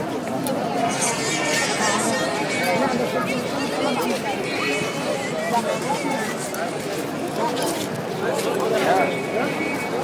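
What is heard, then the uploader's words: A Friday evening walk through Cairo, Egypt, filled with overlapping voices as many people talk at once. The chatter stays dense and steady for the whole stretch, with no pauses, and occasional brighter voices and clatter rise above the crowd murmur. Walking in Cairo, egypt on Friday evening.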